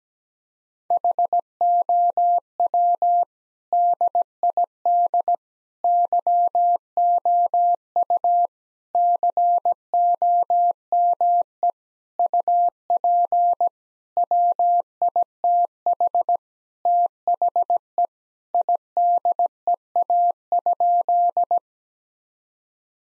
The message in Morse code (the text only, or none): HOW DID YOU COME UP WITH THE IDEA?